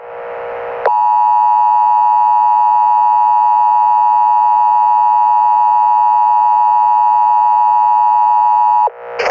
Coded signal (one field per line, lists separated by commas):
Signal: Emergency Alert System (SAME) tones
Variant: 853 and 960 Hz attention tone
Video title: EAS Scenario #10 - Meteor-X